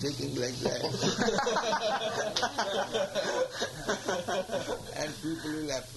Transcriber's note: devotees laugh